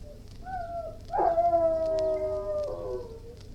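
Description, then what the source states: Irish Wolfhound howling, with a soft lead-in, then a long steady howl over a low background hum. Howling, barking and whining.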